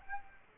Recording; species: mosquito wingbeat signal from an infrared sensor; Aedes aegypti